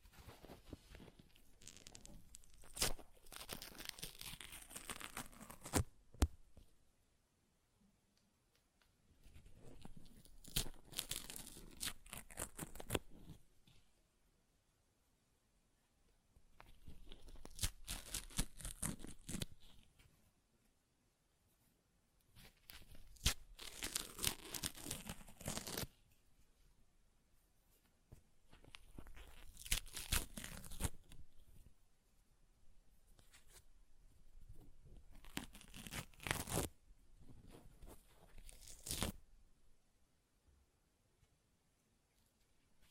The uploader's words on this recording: ASMR Paper Ripping Tearing Sounds (No Talking).